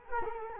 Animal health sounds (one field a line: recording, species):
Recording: mosquito wingbeat signal from an infrared sensor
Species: Culex quinquefasciatus